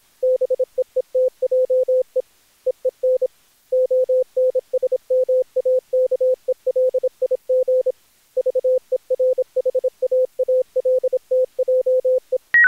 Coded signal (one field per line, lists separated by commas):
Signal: Morse code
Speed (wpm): 25 wpm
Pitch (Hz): 510 Hz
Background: none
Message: BEETJE EEN ONSMAKELIG VERHAALTJE